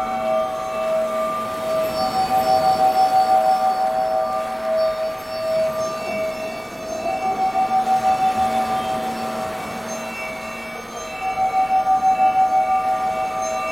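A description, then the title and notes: Tibetan bowls ring in a sustained, layered drone, with steady mid and high tones that swell and fade in slow waves, louder around two to five seconds and again near twelve. A soft, grainy hiss sits underneath throughout, continuous. Nature Sounds and Tibetan Bowls.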